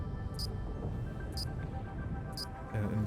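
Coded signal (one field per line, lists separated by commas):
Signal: none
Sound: game music beeps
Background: speech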